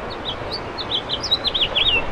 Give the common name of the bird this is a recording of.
House Finch